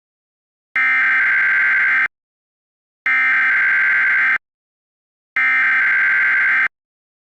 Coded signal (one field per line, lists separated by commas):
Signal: Emergency Alert System (SAME) tones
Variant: header bursts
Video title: Flood From Hell (EAS Scenario)